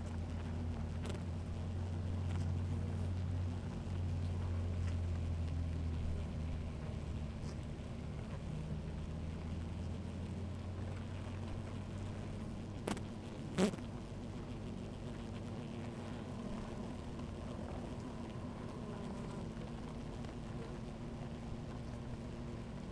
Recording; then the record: honeybee colony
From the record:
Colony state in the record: active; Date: 28 July 2017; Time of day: 16:47